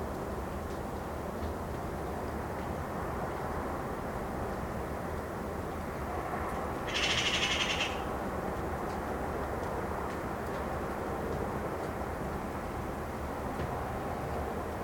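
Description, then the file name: Eurasian magpie giving a single short, harsh rattling chatter midway through, over steady low background rumble. "Pica pica"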